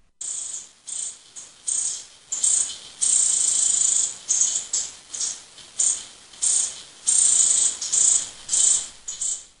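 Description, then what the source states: Cowbird chick begging: many harsh, very high, buzzy rasping bursts of uneven length in rapid succession. Chick taken out of the nest, giving a pretty insistent begging call.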